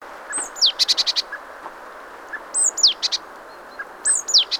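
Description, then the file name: Great tit calls: thin, high whistled notes sliding downward, followed by a quick burst of dry, chattering notes, heard three times over a steady hiss. "Parus major"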